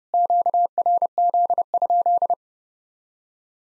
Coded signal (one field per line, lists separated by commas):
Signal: Morse code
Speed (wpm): 30 wpm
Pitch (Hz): 700 Hz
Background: none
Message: QRZ?